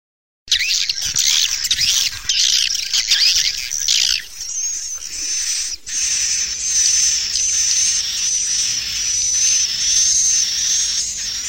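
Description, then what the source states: Swiftlet calls: a loud burst of dense, high twittering, then a steadier stretch with thin whistles over a constant hiss. Sound used for swiftlet farming in Asia.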